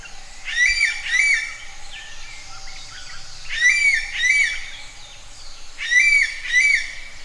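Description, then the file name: Common green magpie calls: paired harsh, rasping notes with a bright whistled edge, the pair given three times at roughly two-and-a-half-second intervals, with faint chatter between. "suara burung ekek layongan atau cissa chinensis"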